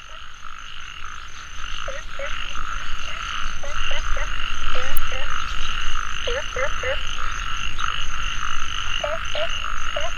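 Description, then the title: Frogs chorusing over a steady droning background, with short upswept croaks in clusters of two or three. Frogs calling in a mountain valley at dusk; field recording. "傍晚山谷里的蛙和鸟齐鸣 声谷"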